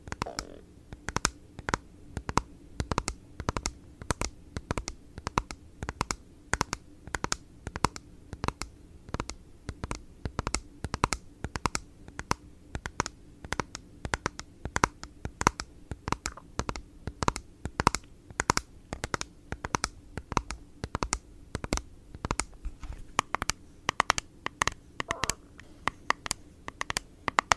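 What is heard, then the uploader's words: ASMR tapping: sharp, crisp taps come quickly and unevenly throughout, several per second, over a faint low steady hum underneath. Blue yeti microphone. Asmr tapping.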